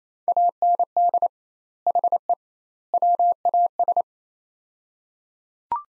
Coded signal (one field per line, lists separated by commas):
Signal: Morse code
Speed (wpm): 28 wpm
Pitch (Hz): 700 Hz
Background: none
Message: AND HE WAS